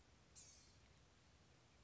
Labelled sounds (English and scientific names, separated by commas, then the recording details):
Blue-gray Gnatcatcher (Polioptila caerulea)
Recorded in Sonoma County, California